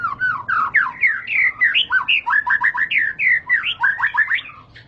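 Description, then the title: White-rumped shama delivering a steady stream of swooping whistled notes and rapid chips in short phrases. Lure (pancingan) of a high-class bird, sought for training and tutoring caged birds. "Pancingan Murai Batu Berkelas Banyak Di Cari Buat Masteran"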